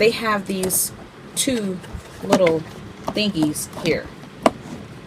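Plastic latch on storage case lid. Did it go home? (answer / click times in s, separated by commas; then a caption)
yes / 4.5 s. Someone talks while pressing down the plastic latch on the lid of a plastic scrapbook storage case from a Costco Creative Options Iris project box set. A sharp click at 4.5 s marks the latch locking into place.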